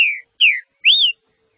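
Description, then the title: Green-winged saltator giving three clear whistles: two falling slurs, then a longer note that rises and levels off. "Trinca Ferro"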